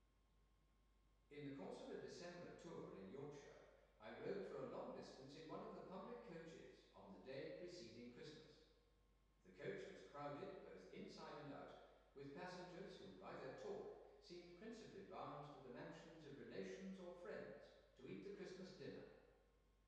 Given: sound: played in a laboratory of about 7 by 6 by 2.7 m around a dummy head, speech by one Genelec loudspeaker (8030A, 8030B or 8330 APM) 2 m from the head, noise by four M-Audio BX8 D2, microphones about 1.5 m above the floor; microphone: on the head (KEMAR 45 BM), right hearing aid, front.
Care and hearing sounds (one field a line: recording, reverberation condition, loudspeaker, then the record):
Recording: male speech in English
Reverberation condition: high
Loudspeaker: 120 degrees to the left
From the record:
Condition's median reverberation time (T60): about 1300 ms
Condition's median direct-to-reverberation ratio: about -4.0 dB